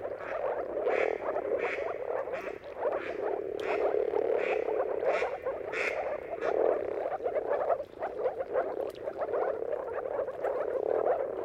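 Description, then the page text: Moor frog chorus of low bubbling croaks, with several brighter, louder notes breaking through every second or so over the steady mass. Mating calls of a moor frog chorus at sunrise, at the turn of March and April depending on the weather; recorded by Jakub Orzecki. "Dawn’s Chorus: Mating Calls of Marsh Frogs at Sunrise. Depending on the weather at the turn of March and April, you can witness an amazing spectacle of moor frogs. Jakub Orzecki. earth.fm"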